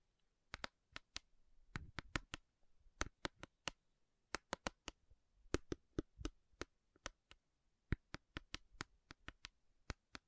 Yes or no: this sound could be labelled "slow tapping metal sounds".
yes